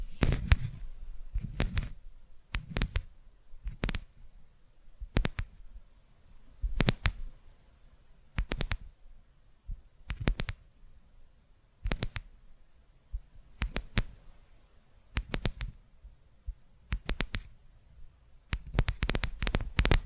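Tapping comes in short, sharp bursts, each a quick cluster of crisp clicks with a soft low thump beneath. The bursts recur steadily about every one to two seconds, with quiet gaps between, and a denser run of taps closes the clip.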